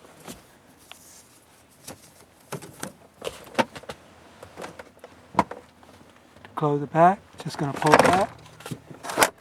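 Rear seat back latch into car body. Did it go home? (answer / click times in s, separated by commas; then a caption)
no / none. Someone talks while the rear seat back of a 2002 Volvo V70 is pulled back up toward position so its latch can go into the car body, with scattered light knocks, a sharper knock near 5.4 s, and a longer creaking, rubbing stretch from about 6.6 to 8.8 s. The clip ends with the seat back handled but not yet home; nothing has seated or clicked yet.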